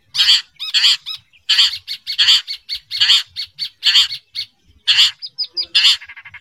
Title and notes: Kicau Burung Cendet